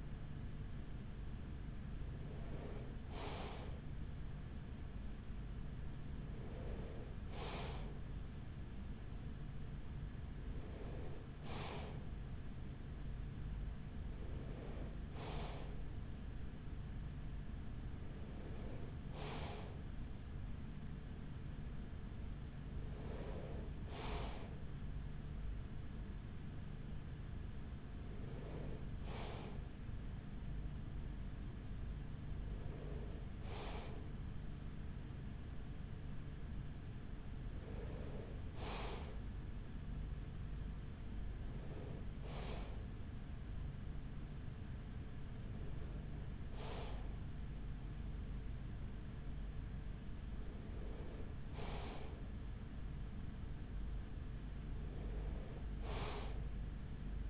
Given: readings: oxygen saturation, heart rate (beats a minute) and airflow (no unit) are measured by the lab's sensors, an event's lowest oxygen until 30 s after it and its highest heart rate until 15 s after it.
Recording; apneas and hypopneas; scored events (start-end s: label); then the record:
breathing in sleep by a smartphone at the bedside; none
45.00-57.30 s: new sleep stage, N3 (deep sleep)
From the record:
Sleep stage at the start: N2 (light sleep); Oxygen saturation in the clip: 94%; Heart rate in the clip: 42 to 45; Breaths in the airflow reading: 13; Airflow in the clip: -6.8 to 6.4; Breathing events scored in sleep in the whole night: 207 in 7.6 hours asleep